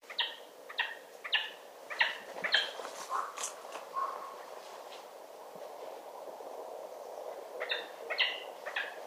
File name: Garrulus glandarius